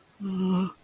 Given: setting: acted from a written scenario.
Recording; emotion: vocal sound without words; distress